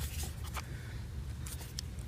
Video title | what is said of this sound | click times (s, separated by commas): Replacing spark plugs | thing is do you want to make sure you hear a small tiny click when you push these all in just | 1.8 s